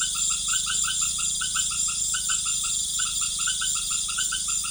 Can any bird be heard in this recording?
no